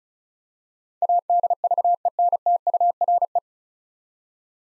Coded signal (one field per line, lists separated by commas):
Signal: Morse code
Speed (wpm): 36 wpm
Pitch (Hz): 700 Hz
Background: none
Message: ADVENTURE